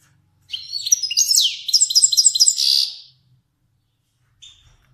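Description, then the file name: Finch giving one song phrase of about two and a half seconds: buzzy notes, a downward sweep and a row of quick repeated trills, then a faint note. Kermani finch. "sound finch kermani long"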